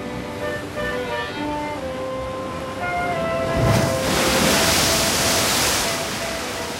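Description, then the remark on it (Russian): Stormy sea waves roar as a broad, hissing rush of surf that swells loudly midway and keeps surging, with steady sustained musical tones held underneath. “Но вот перед ними море. Бушует, шумит на просторе.”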